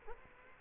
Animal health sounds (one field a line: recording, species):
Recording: mosquito wingbeat signal from an infrared sensor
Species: Culex quinquefasciatus